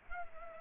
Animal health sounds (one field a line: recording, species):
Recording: mosquito wingbeat signal from an infrared sensor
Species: Culex pipiens